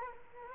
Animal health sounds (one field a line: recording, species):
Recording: mosquito wingbeat signal from an infrared sensor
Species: Culex quinquefasciatus